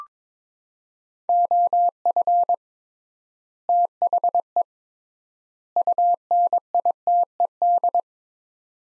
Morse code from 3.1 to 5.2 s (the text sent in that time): THE